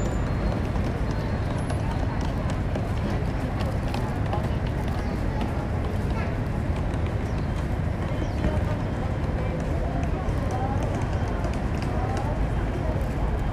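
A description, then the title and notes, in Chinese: Ambience at Hsinchu railway station: a dense, steady wash of crowd chatter with a heavy low rumble underneath that holds level throughout. Footsteps and small clicks tap through the mix at irregular moments, with no single voice standing out. S4新竹火車站EP2路口。機械。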